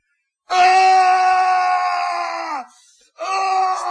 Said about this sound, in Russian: Это кричал папа